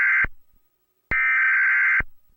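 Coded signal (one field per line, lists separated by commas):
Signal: Emergency Alert System (SAME) tones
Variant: header bursts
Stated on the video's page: Fictional mock alert scenario.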